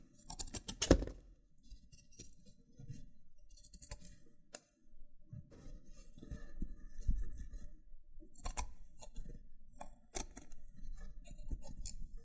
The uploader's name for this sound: Loofah Triggers with Intense Peeling & Popping Sounds